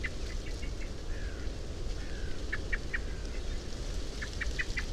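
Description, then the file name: Common blackbird uttering short, clipped chacking notes, scattered at first and then in tighter groups, with a steady low drone behind. "Turdus merula"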